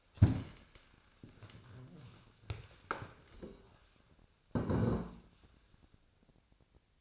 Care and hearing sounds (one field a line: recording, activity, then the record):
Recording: daily activity, microphone in the room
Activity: stand up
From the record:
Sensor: 2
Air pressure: 1000.4 hPa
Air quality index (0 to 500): 164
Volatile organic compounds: 3 ppm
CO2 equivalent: 1367 ppm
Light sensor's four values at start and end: 8/20/8/9 and 8/16/7/8